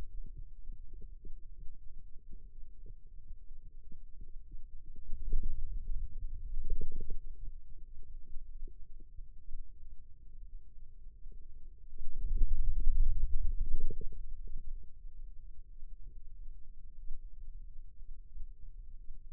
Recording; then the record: forearm muscle sounds (acoustic myography)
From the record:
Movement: ulnar deviation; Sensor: system 2, bracelet of six BSWA MPA416 microphones around the upper forearm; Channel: 5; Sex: male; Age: 22 years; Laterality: right